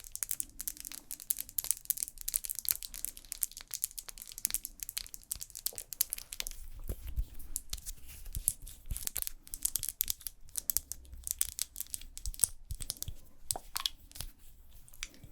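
Layered fast, aggressive makeup sounds: dense, rapid crinkling, tearing and tapping clicks without pause, with a faint low hum underneath.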